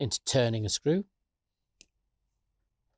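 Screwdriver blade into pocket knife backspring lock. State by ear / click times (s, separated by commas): seated / 1.8 s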